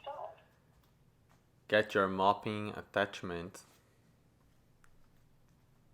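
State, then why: Seated. A mopping attachment is fitted onto an iHome Autovac Halo robot vacuum. Someone talks between about 1.7 and 3.6 seconds, and then a single sharp click is heard at 4.8 s. The attachment snaps into place and is seated.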